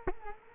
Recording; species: mosquito wingbeat signal from an infrared sensor; Culex quinquefasciatus